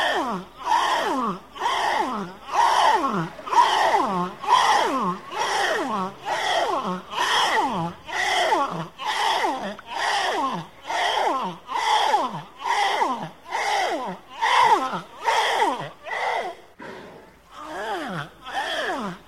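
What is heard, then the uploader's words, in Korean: A seal calls over and over in a steady rhythm, about one cry each second, with only a short pause near the end. Each cry is loud and rasping, starting bright and sliding downward in pitch, with a breathy, snorting edge. 바다표범 울음 소리.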